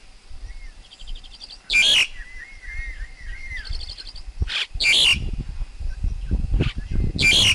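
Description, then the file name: Black-collared Starling song: loud harsh squawking bursts broken by a run of clear whistled looping notes and soft rattling phrases, with low rumbling noise underneath. Wild forest bird's song, used for teaching young birds to sing. "Tieng chim ca cuong rung tap chim con hot"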